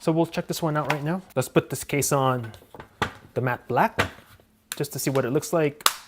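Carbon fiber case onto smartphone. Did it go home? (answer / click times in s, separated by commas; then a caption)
no / none. Someone talks while a carbon fiber case is handled to be pressed onto the back of a matte black OnePlus 6T smartphone, with faint handling sounds under the speech. The clip ends before the case goes home; nothing has seated or clicked yet.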